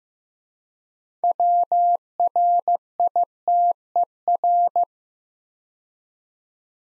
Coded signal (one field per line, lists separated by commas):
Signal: Morse code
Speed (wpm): 15 wpm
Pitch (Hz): 700 Hz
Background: none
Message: WRITER